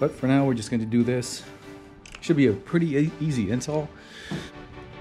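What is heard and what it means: A caliper cover is being handled near the brake caliper of an Acura TL while someone talks, with music in the background. Nothing has seated or clicked yet.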